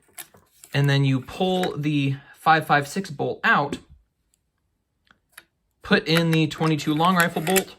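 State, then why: Not seated. Someone talks while the 5.56 bolt carrier is removed from an AR-15 upper receiver and a CMMG .22 LR conversion bolt is handled to go into it, with a few faint, sharp handling ticks in a quiet pause between the speech. Nothing has seated or clicked into place yet when the clip ends.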